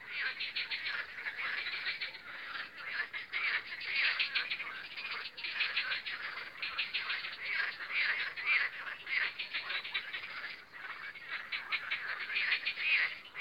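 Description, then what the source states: Frogs croaking in a dense chorus, many overlapping rapid pulsed croaks running on without pause and rising and falling in loudness. Spring croaking of frogs on the Lomnica canal, 10 May 2020.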